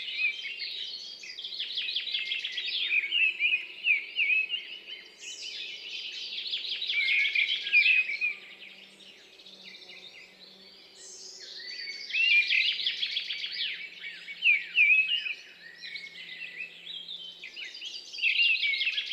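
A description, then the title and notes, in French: A dense, bright dawn chorus of forest songbirds swells in overlapping bursts, easing briefly near the middle before surging again, with a faint low hum beneath. Champs des Blas - Nagra LB - mkh8020. Pouillot de Bonelli, Pinson des arbres et Grive draine, rougegorge familier l'accompagnent.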